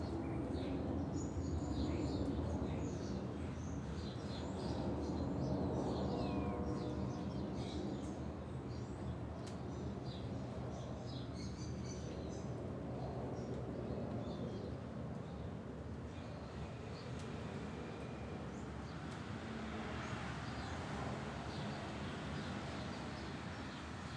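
Neighborhood sounds on a Sunday morning in a Phoenix backyard, with birds chirping in short, scattered calls through the first half and again near the end. A steady low rumble of traffic runs underneath the whole time, fairly even in loudness.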